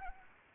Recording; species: mosquito wingbeat signal from an infrared sensor; Anopheles arabiensis